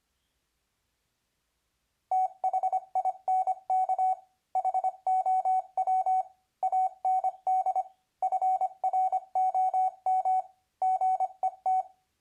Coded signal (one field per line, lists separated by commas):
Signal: Morse code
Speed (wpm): 24 wpm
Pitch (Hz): 750 Hz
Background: none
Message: THINK HOW AND FROM GET